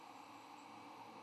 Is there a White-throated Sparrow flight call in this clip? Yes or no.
no